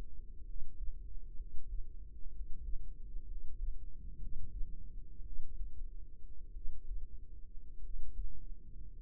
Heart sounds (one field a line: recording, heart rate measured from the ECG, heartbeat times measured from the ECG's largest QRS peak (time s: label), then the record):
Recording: heart sounds by microphone in the right ear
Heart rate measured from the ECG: 56 bpm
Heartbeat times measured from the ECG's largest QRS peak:
0.43 s: heartbeat
1.35 s: heartbeat
2.29 s: heartbeat
3.24 s: heartbeat
4.16 s: heartbeat
5.21 s: heartbeat
6.51 s: heartbeat
7.79 s: heartbeat
8.97 s: heartbeat
From the record:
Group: healthy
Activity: rest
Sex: male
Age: 25 years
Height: 170 cm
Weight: 70.4 kg